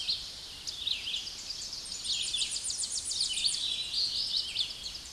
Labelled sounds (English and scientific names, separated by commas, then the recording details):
Tennessee Warbler (Leiothlypis peregrina) song
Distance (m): 40 m
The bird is about 30 m above the microphone
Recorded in a Pennsylvania forest on 16 May 2024 at 08:13
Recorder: AudioMoth, point MSD-2143
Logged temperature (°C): 16.0 °C
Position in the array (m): 59 m, 178 m